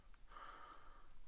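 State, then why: Not seated. A plastic armor piece is being handled and pushed onto the shoulder/chest piece of a Kenner Total Justice Green Lantern action figure after several failed tries. A steady breathy hiss with a faint ringing tone runs through the clip, broken by two small ticks near 0.1 s and 1.1 s. Nothing has seated or snapped on yet.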